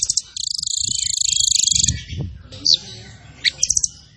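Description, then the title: Zebra finch song, a rapid steady rattling trill lasting over a second, then a sharp down-slurred note and quick clipped chips. Masteran (training) recording of a zebra finch (burung tembakan) described as gacor (singing actively). "Masteran Burung Tembakan Gacor"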